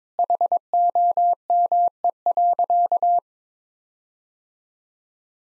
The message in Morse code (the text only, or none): HOME.